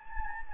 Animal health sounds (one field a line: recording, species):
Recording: mosquito wingbeat signal from an infrared sensor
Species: Anopheles gambiae